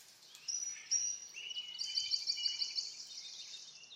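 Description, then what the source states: Birds singing with thin high whistles and a rapid chattering trill that takes over after the midpoint, over faint steady hiss. Birds in a backyard; ambient nature sounds.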